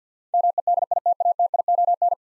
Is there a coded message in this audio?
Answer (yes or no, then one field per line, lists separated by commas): yes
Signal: Morse code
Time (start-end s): 0.3-2.1 s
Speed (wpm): 48 wpm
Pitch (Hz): 700 Hz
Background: none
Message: MEDITATION